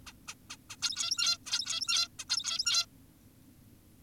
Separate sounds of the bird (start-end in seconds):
0.07-0.13, 0.28-0.34, 0.50-0.57, 0.70-0.76, 0.82-1.38, 1.46-2.08, 2.19-2.25, 2.30-2.86